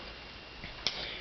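The compressed steel firing pin nut (cocking piece) of a K98 rifle bolt is turned 90° through its slot on the firing pin and slowly released. Low background hiss is broken by a faint rustle near 0.6 s, then one sharp metallic click at 0.9 s as the nut seats onto the firing pin.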